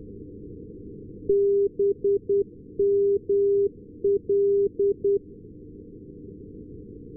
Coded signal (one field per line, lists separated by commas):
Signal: Morse code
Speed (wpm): 10 wpm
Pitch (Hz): 400 Hz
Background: none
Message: BML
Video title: BML Non directional beacon